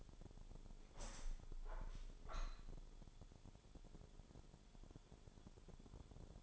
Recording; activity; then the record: daily activity, microphone in the room; open window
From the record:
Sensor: 5